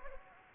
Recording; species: mosquito wingbeat signal from an infrared sensor; Anopheles gambiae